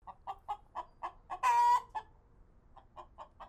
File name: chicken